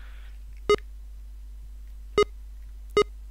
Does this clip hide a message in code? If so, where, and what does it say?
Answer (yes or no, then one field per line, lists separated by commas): no